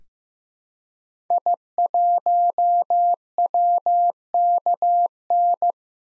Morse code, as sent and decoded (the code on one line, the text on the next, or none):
.. .---- .-- -.- -.
I1WKN